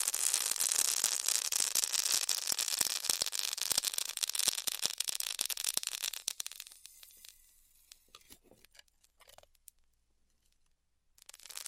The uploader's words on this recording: ASMR Styrofoam Heat Cutting (No Talking).